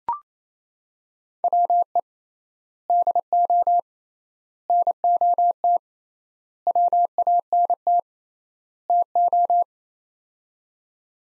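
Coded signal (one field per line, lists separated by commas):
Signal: Morse code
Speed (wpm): 27 wpm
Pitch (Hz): 700 Hz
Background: none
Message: WE DO NOT WANT TO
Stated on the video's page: Head-copy practice: sets of five words at 28 wpm with 3x word spacing, a Farnsworth-like method applied to words.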